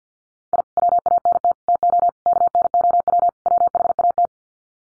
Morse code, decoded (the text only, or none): I WANT TO KNOW WHAT